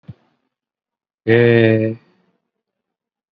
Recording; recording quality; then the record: sustained vowel as in made; excellent, no background noise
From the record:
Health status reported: COVID-19 positive, no symptoms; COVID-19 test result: positive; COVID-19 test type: RT-PCR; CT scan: not taken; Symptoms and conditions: hypertension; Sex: male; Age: 69 years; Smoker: no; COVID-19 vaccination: none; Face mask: not worn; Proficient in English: no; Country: India